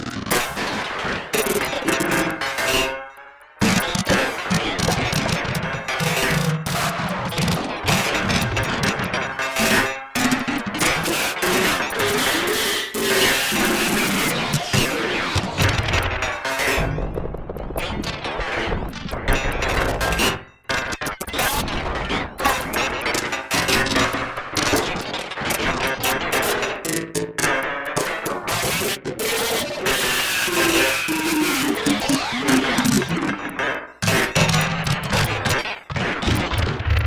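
Sporadic percussive textures crowd together into a dense, loud stream of sharp hits and crackles. The bursts come fast and irregularly, with brief silent gaps near 3, 10, 17, 21 and 34 seconds. Tonal smears and rising sweeps run beneath the clatter.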